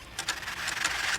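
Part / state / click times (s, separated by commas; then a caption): blue locking latch on a hitch-mounted bike rack / seated / 0.2 s, 0.3 s. The blue locking latch on a RockyMounts GuideRail hitch-mounted bike rack, carrying two bikes on a 2022 Tesla Model Y, is closed to lock the rack into place. Two sharp clicks sound at 0.2 s and 0.3 s, followed by a rattling, hissy clatter through the rest of the clip. The latch seats and locks the rack in place.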